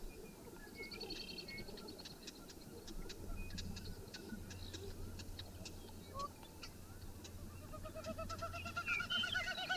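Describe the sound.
Birds calling: rapid dry ticks and clicks, short whistled notes and a wavering trill near the end, over a low hum.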